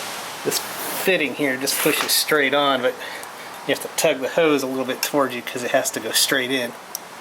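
Someone talks while fitting the fuel hose's quick-connect onto the fuel tank fitting of an Indian Scout Sixty motorcycle during tank refitting, explaining that it pushes straight on with the hose tugged a little toward them so it goes straight in. The clip is mostly speech over a low steady background, and the quick-connect has not clicked or seated yet.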